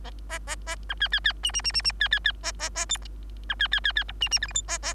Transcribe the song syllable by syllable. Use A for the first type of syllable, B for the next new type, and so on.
A A A B C C C D D D D D C C C A A A E B C C C C F D D G H I A A